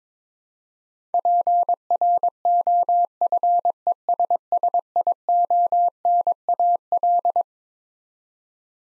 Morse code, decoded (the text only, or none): PROFESSIONAL